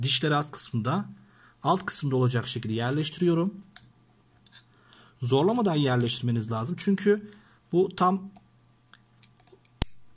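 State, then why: Seated. A sensor cable plug is pushed into its plastic socket on a Makeblock mBot 2.4G robot board, latch tab facing up and teeth facing down. Someone talks for most of the clip, then small handling ticks lead to a sharp click at 9.8 s as the connector seats.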